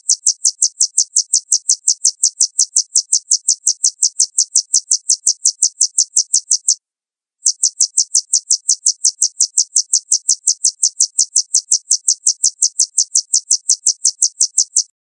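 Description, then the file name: Sunbird song as two long, very regular high trills of rapid buzzy pulses, separated by a short pause. Used to lure birds. "suara burung madu untuk memancing bunyi"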